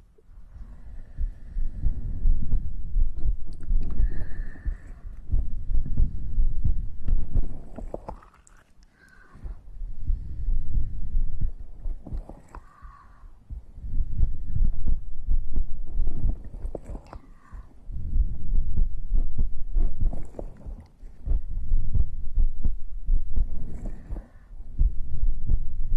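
Deep, muffled heartbeat thumps continue throughout, overlaid by slow swells of breath noise that rise and fall about every four to five seconds, roughly 13 breaths a minute. It is a close-miked ASMR heartbeat and breathing.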